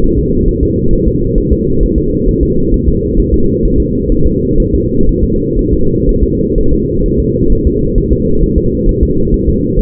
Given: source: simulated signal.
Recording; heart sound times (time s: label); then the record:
fetal heart sounds
0.04 s: S1
0.19 s: S2
0.48 s: S1
0.63 s: S2
0.93 s: S1
1.08 s: S2
1.38 s: S1
1.53 s: S2
1.83 s: S1
1.98 s: S2
2.29 s: S1
2.43 s: S2
2.74 s: S1
2.88 s: S2
3.19 s: S1
3.34 s: S2
3.65 s: S1
3.80 s: S2
4.12 s: S1
4.27 s: S2
4.60 s: S1
4.75 s: S2
5.09 s: S1
5.23 s: S2
5.59 s: S1
5.73 s: S2
6.09 s: S1
6.23 s: S2
6.58 s: S1
6.73 s: S2
7.06 s: S1
7.20 s: S2
7.52 s: S1
7.67 s: S2
7.98 s: S1
8.12 s: S2
8.43 s: S1
8.58 s: S2
8.89 s: S1
9.03 s: S2
9.34 s: S1
9.49 s: S2
9.79 s: S1
From the record:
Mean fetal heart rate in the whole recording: 130 bpm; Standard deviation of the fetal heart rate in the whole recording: 4 bpm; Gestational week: 38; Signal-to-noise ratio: -16.4 dB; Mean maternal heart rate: 72 bpm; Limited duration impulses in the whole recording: present